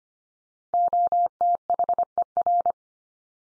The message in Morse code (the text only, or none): OTHER